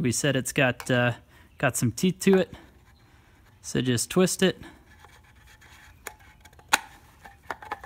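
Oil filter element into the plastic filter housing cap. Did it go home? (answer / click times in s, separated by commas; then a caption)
yes / 6.7 s. Someone talks while twisting a toothed oil filter cartridge element onto its plastic filter housing cap, used on the 1.4 turbo engine of the Jeep Renegade, Fiat 500L, 500X and Dodge Dart. After faint scraping and small ticks, a sharp, loud snap at 6.7 s marks the element seating home in the cap.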